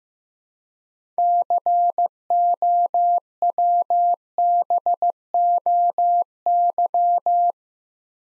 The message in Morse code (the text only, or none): COWBOY